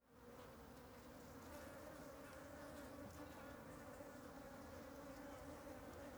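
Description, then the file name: Fly: buzzing of many flies fading in and holding as a constant wavering drone. An ambience of many flies flying over something. "Ambiencia de Muitas Moscas Sobrevoando algo"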